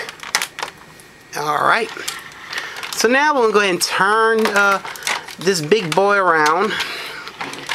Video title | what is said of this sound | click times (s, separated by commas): Review: JyuKen Sentai Gekiranger JyuKen Kyojin DX SaiDai-Oh | put it in uh sine until you hear a click | 0.4 s